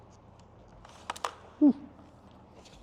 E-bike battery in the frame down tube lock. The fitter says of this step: I will show you how that eject so I'll hit it you hear the click I hit this